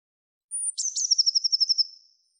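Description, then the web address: Eurasian blue tit: one sharp, high thin note, then a rapid, ringing run of many identical notes that weakens at the end, against silence. "cianscape birddata Deverinetal 2025 File cleaned normalized Bird Cy Ca"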